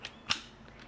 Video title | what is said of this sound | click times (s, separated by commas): DISNEY WORLD PREP VLOG ✨ Pre-Trip To Do List, Tips, Tricks, Groceries at Disney, & MORE | and it snaps right in place so | 0.3 s